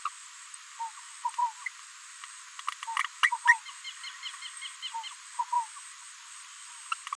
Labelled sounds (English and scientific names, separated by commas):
Green-rumped Parrotlet (Forpus passerinus) babbling